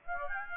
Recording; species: mosquito wingbeat signal from an infrared sensor; Aedes aegypti